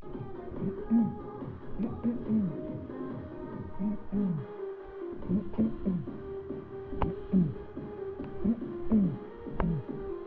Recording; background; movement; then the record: throat clearing; music; sitting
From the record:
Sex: male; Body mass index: 20.5 kg/m2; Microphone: on the chest, facing the body